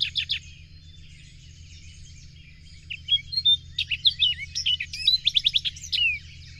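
Bird song that opens with a few quick notes, then after a pause builds into twittering phrases and a fast trill, with a steady low hum beneath.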